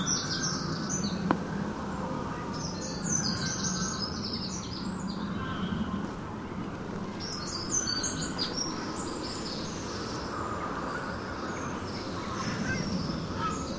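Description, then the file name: Eurasian wren singing short, high, fast trilled phrases, repeated several times with pauses between, over a constant low rumble. "Troglodytes troglodytes"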